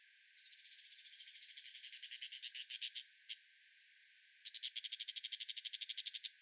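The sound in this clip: Brown shrike harsh rattling chatter, a long run of rapid notes swelling in loudness for about three seconds, one lone note, then a second fast rattle.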